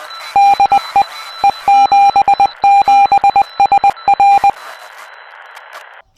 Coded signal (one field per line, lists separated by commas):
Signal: Morse code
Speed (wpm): 20 wpm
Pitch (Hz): 800 Hz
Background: none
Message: DE E77SR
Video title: Packing My HAM Radio Backpack for Summer Vacation